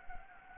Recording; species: mosquito wingbeat signal from an infrared sensor; Anopheles gambiae